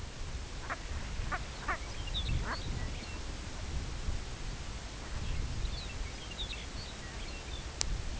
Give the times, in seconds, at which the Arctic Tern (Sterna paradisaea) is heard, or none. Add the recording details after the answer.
none. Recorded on Arctic tundra, site CORI-1, on 18 June 2018. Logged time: 22:00